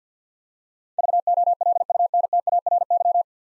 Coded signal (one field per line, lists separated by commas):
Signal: Morse code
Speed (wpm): 50 wpm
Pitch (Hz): 700 Hz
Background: none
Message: VOLUNTARY